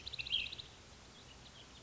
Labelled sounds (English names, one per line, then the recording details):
Ash-throated Flycatcher
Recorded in Sonoma County, California